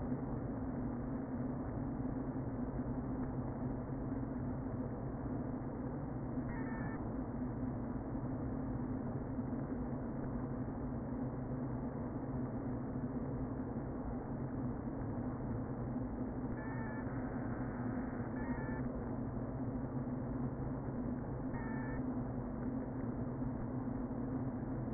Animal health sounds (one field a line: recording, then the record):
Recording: honeybee colony, microphone inside the hive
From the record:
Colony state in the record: queen present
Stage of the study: before two queens were removed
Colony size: about 60,000 bees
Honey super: yes